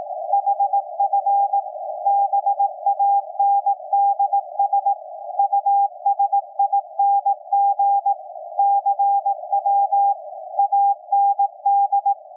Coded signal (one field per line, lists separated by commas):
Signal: Morse code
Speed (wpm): 18 wpm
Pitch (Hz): 800 Hz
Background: none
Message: HF BANDS USING CW AND